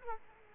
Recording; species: mosquito wingbeat signal from an infrared sensor; Culex quinquefasciatus